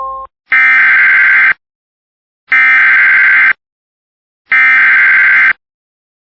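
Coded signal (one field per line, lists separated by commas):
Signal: Emergency Alert System (SAME) tones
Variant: header bursts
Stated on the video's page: Flash flood warning for Tennessee.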